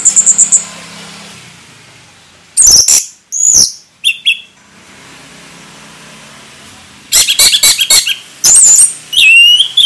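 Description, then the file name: Orange-headed thrush song, scattered short bursts of very high squeaky and whistled notes separated by quiet gaps. Sung in the ngeplong style, described as gacor, meaning it sings readily and steadily. "anis merah gacor ngeplong"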